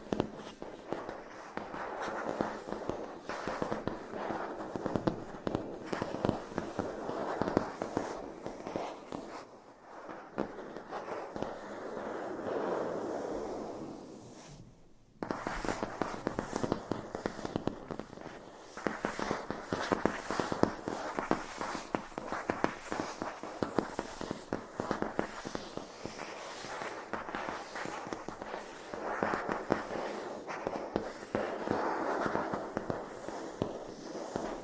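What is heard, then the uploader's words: Dense, rapid scratching and tapping on matte plastic, a continuous crackle of small clicks centered in the middle and upper range. The rough texture runs nearly throughout, with a smoother stretch around ten to fourteen seconds and a brief silence near fifteen seconds. TimASMR-Matte Plastic Scratching & Scratchy Tapping (NO TALKING).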